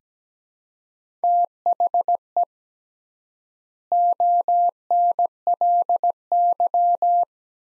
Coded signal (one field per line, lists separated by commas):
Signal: Morse code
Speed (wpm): 17 wpm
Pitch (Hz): 700 Hz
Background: none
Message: THE ONLY